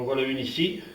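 An electric radiator is being handled toward its wall-mounted bracket while someone talks throughout the short clip. Nothing has seated or clicked yet; the radiator has not hooked onto the bracket.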